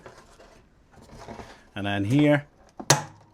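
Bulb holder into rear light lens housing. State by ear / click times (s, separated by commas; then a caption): seated / 2.9 s. On a Citroen C4, the second side of a plastic bulb holder is pressed into the rear light lens housing. Someone talks, then a sharp click at 2.9 s shows the bulb holder snapping into place, seated.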